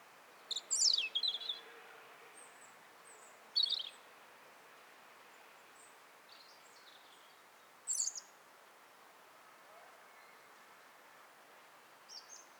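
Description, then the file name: European robin giving short, high, thin twittering phrases, a few spaced several seconds apart, over a faint background hiss. "Erithacus rubecula"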